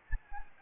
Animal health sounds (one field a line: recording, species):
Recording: mosquito wingbeat signal from an infrared sensor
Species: Anopheles arabiensis